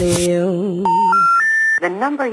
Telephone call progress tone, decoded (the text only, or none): special information tone